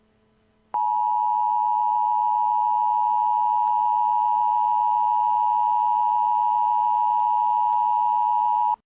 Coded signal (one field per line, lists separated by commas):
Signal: Emergency Alert System (SAME) tones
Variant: 853 and 960 Hz attention tone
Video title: EAS Scenario: Lurkers Unleashed